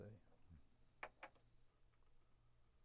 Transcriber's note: knocks on the table and whispers to Mr. Gaquer